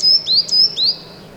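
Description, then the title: Great tit song, two quick high whistled two-note phrases, a level note then a short rising slur. Heard and watched from a balcony; the bird is described as small and elusive, its song as elegant and simple. "Mallarenga Carbonera"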